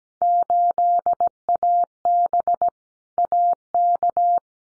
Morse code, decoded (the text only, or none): 8AB AK